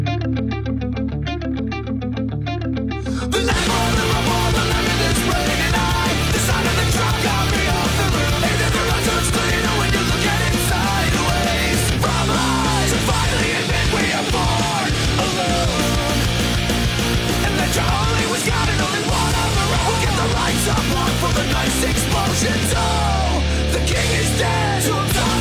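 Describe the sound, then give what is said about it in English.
A rock band song plays loudly from a CD received in the mail, without any talk, opening with a brief thinner intro before the full band crashes in with dense, distorted guitars and driving drums that continue steadily. “This is a good song?”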